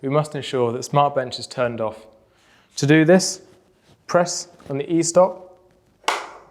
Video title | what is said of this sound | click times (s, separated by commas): SmartBench: First setup | until you hear a click and the green band is no longer visible | 6.1 s